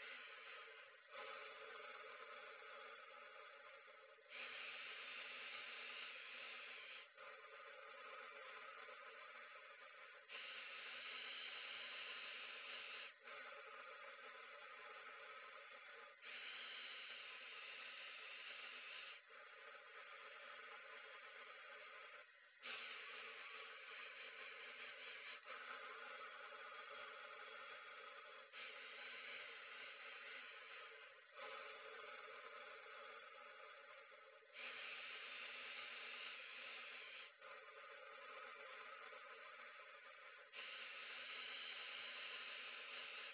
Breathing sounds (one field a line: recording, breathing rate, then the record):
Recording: paced breathing near a phone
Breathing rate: 10 breaths a minute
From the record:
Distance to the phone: 40 cm